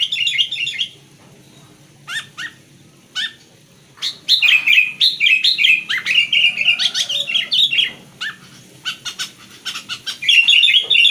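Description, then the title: Sooty-headed bulbul song of bubbly, warbling phrases separated by pauses, with scattered sharp clicks. "Kutilang"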